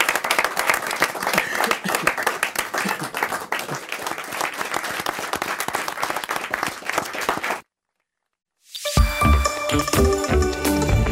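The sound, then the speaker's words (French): Dense, steady applause from an audience settling in for the France Inter Friday-evening show Foule Sentimentale fills about seven seconds, then cuts off abruptly into a second of silence before a brighter, tonal sound starts up. “J'entends les gens qui s'installent.”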